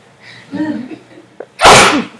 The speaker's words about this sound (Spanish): No, voy a estornudear.